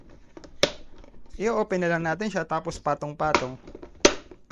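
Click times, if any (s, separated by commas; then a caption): 4.1 s. A panel of a transparent portable plastic storage cabinet (45 cm x 26 cm x 98 cm) is stacked on the panel below and pressed into its connector clip while someone talks, with a sharp click also heard at 0.6 s. The plastic joint snaps into the lock with a loud click at 4.1 s, leaving the panel seated, sturdy and locked.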